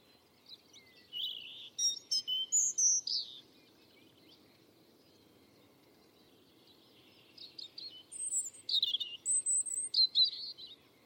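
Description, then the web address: European robin song in two separate phrases, each a varied string of high, thin whistles and fast trills, with several seconds of near silence between them. "Deverinetal 2025"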